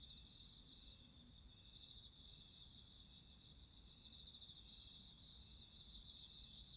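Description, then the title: Crickets trilling, a continuous high-pitched chorus with a louder rapid pulsed burst partway through. Crickets singing at midnight. "Listen to nature crickets singing at midnight"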